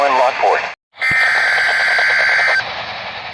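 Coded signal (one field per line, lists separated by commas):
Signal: Emergency Alert System (SAME) tones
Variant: header bursts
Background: speech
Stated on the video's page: Real EAS alerts, including severe thunderstorm warnings and a watch.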